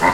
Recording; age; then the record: pig call; piglet (1 to 25 days)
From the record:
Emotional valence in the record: positive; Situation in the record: reunion after long isolation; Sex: female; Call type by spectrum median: low-frequency call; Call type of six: low-frequency tonal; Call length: 0.14 s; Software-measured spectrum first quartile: 763 Hz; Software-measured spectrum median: 1053 Hz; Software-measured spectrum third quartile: 1920 Hz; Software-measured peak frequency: 928 Hz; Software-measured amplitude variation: 94 dB a second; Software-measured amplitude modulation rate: 10.5 a second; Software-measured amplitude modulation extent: 8.9 dB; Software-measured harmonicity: 0.9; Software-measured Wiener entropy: -1.03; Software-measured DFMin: 981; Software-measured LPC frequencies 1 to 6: 909, 2000, 3866, 4407, 5079, 6691 Hz